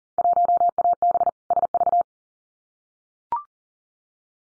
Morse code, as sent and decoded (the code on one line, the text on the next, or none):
.---- .- -... / ... ...-
1AB SV